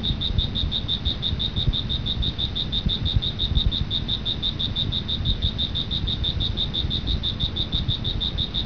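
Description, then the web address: Cricket chirping, a high, steady pulsed trill running without a break, over a low, rumbling background noise. "特酷声音素材库 动物 昆虫 蟋蟀"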